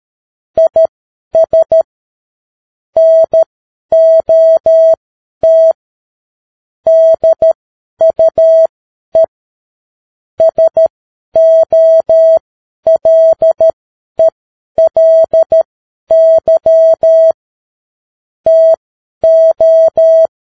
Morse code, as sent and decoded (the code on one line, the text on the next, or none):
.. ... / -. --- - / -.. ..- . / ... --- .-.. . .-.. -.-- / - ---
IS NOT DUE SOLELY TO